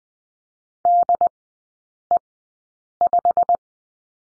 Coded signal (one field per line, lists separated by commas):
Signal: Morse code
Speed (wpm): 20 wpm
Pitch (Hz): 700 Hz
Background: none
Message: DE5